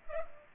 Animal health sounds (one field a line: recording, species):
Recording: mosquito wingbeat signal from an infrared sensor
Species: Culex pipiens